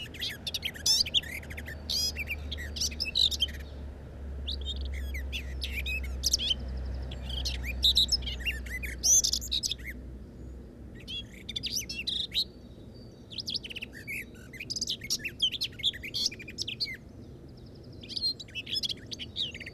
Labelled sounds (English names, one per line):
Common Whitethroat song